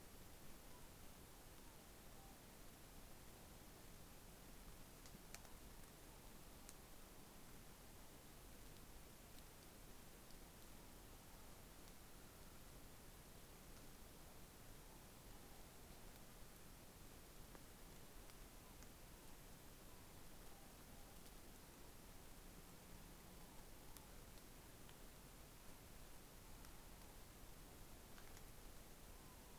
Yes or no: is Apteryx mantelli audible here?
no